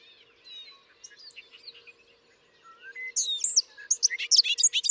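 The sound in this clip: Bobolink song opening with soft, scattered notes, then breaking into a loud, jumbled, bubbling rush of high metallic notes over the last two seconds.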